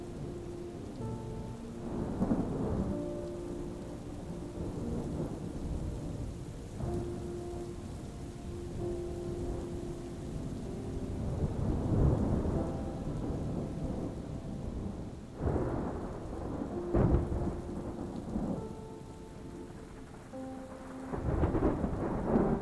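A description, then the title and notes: Rain falls steadily under a soft musical backdrop of sustained, gentle tones. Low, rumbling thunderclaps roll in repeatedly, around 2, 12, 17 and 22 seconds, swelling and fading with a distant, muffled weight. The music holds calm, slowly changing notes throughout. Soothing THUNDERSTORM and Soft MUSIC. The murmur of rain blends with distant thunderclaps. Soft music gently accompanies the storm's sounds.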